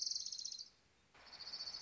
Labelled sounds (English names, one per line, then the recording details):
Orange-crowned Warbler
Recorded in Sonoma County, California